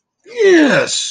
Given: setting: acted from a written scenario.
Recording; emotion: vocal sound without words; triumph